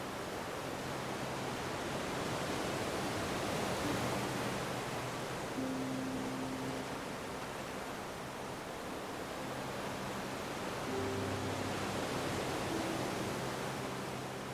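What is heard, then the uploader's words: Ocean surf rushes continuously in a dense, even wash that swells gently and eases back over the fifteen seconds. Beneath it, soft low music holds long sustained notes that change every couple of seconds, quiet and mostly buried under the water. OCEAN Sounds and Soft MUSIC.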